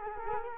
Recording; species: mosquito wingbeat signal from an infrared sensor; Culex quinquefasciatus